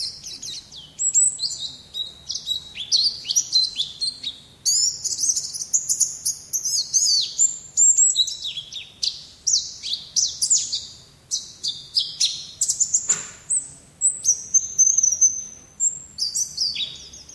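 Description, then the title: White-eye song, long bubbling run of high twitters and descending slurred notes, delivered in bursts with brief gaps, one soft thump late on. Songbird singing in the ngalas style. "Pleci ngalas"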